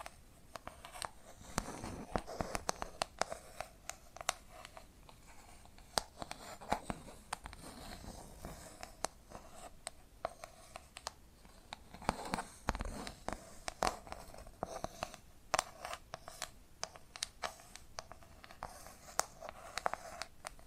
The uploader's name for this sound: Hypnotic Tapping and Scratching Sounds